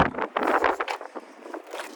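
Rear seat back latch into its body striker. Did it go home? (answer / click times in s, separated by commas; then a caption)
no / none. The folded rear seat back of a 2023 Toyota Prius XLE is handled as it is raised and pushed back up toward its latch and body striker, with a burst of knocks and rustling from about 0.4 to 0.8 s that then fades to quieter shuffling. Nothing has seated or clicked yet; the clip ends just before the seat back latches.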